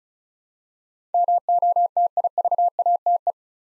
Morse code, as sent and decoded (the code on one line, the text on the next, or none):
-- --- - .. ...- .- - .
MOTIVATE